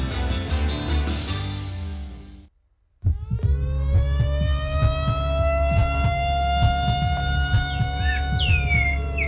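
A loud siren wails steadily with a slowly rising, harmonic-rich tone, starting abruptly after a short silence that follows a burst of other tonal sounds.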